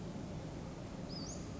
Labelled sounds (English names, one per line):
Western Flycatcher